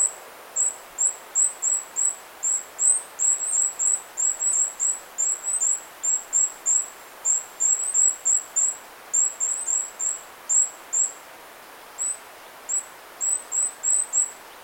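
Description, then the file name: Goldcrest singing a long series of very high, thin see-sawing notes, grouped in quick clusters and repeated almost continuously, with faint background hiss. "Kungsfagel"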